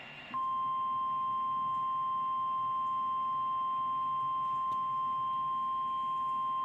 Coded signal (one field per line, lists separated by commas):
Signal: Emergency Alert System (SAME) tones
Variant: 1050 Hz attention tone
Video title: EAS #242-243: Required Weekly Test